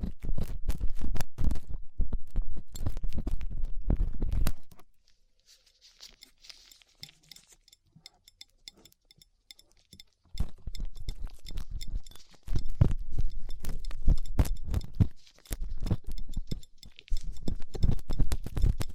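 Ear cleaning with latex gloves, a dental pick and cotton swabs: dense bursts of scratchy rubbing and crackling scrapes, close together and rough. A quieter stretch from about five to ten seconds leaves only faint soft hissing before the scraping returns, broken by brief pauses.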